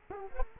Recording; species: mosquito wingbeat signal from an infrared sensor; Culex quinquefasciatus